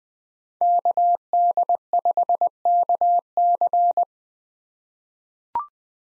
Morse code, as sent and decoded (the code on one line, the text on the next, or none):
-.- -.. ..... -.- -.-.
KD5KC